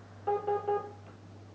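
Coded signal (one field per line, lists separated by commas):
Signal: none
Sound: airsoft MOSFET programming beeps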